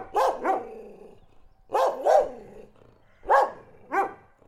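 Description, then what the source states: Dog giving barks in pairs, each pair followed by a pause of over a second. Barking, recorded in Listvyanka.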